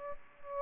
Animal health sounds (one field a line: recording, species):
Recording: mosquito wingbeat signal from an infrared sensor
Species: Aedes aegypti